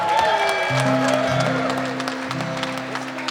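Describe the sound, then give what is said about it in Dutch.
An audience claps steadily for a few seconds for the sound technician, a dense patter of hand claps that stays fairly even, with low sustained droning tones humming underneath. “Applaus voor de technicus”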